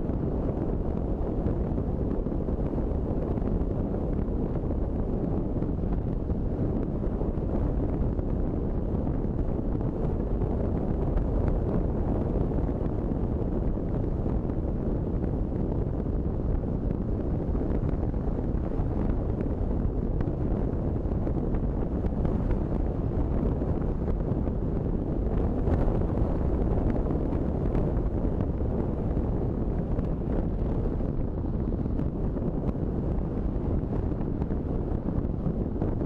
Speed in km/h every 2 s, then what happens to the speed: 53, 55, 54, 54, 54, 54, 52, 50, 50, 50, 49, 49, 49, 48, 46, 45, 45, 43.
0-36 slows to 43.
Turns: none.